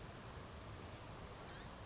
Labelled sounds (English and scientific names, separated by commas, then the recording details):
Blue-gray Gnatcatcher (Polioptila caerulea)
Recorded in Sonoma County, California